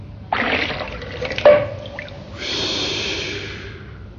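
Bathwater sloshes with a sudden splash, followed by a sharp single drip, then a steady hissing pour of water that runs for about a second before fading. No one speaks.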